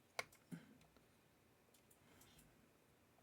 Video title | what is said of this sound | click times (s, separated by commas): My Custom Water Cooled PC Build! | Just wait till I hear a click. | 0.2 s